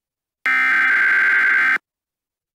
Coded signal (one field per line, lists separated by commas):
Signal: Emergency Alert System (SAME) tones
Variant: header bursts